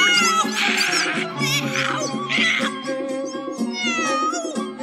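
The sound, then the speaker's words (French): A cat meows loudly in long, wavering, high-pitched cries that overlap and run together for several seconds, with no talking. “Le lendemain, le capitaine apporta le chat de Dick Whittington et en un clin d'œil, le palais fut débarrassé des souris et des rats.”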